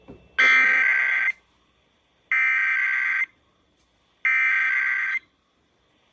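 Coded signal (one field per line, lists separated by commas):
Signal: Emergency Alert System (SAME) tones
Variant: header bursts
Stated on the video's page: Nevada required monthly tests and routine weekly tests.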